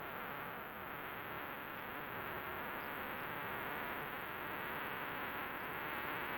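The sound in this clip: New Forest cicada singing an unbroken, thin, very high buzz that keeps an even level from start to finish, with steady hiss underneath.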